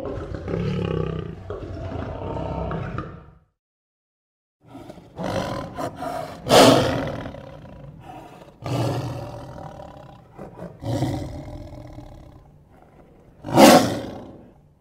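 Lion roars in several separate bursts with pauses between, some deep and rumbling, two sharper and louder peaks.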